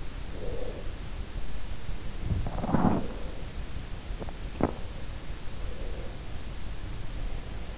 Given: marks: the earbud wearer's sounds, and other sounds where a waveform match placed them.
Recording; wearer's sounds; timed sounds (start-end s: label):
sounds in sleep by an in-ear microphone; breath, body movement, teeth grinding
0.00-1.26 s: breath
2.18-3.48 s: body movement
2.55-3.48 s: breath
4.00-5.11 s: teeth grinding
5.51-6.48 s: breath